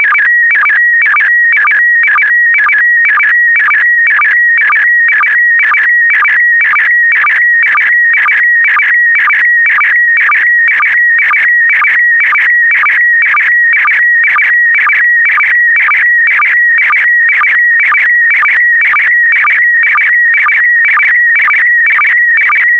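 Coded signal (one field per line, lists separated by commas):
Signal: SSTV (slow-scan television)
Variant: PD120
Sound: steady warbling tone around 2 kHz, chirping rhythmically about twice a second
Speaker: get ready starting transmission in 5 4 3 2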